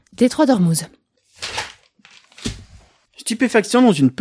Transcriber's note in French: des feuilles sont tournées